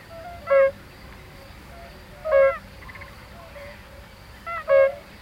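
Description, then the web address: European fire-bellied toad giving three soft, hollow, tonal 'oop' notes about two seconds apart, faint other calls in between, against a quiet background hiss. "Hangok Bombina bombina"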